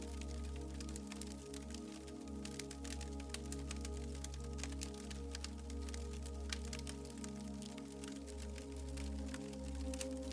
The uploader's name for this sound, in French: FEU et de la MUSIQUE Douce